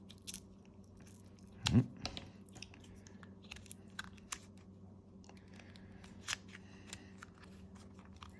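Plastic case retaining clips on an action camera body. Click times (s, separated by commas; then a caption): 1.7 s, 2.1 s, 2.2 s, 4.0 s, 4.3 s. Someone works around the edge of a GoPro Hero 8 action camera's plastic case, popping each retaining clip free in turn. Sharp plastic snaps sound at 1.7, 2.1, 2.2, 4.0 and 4.3 seconds. The clips release one after another and the cover pops open.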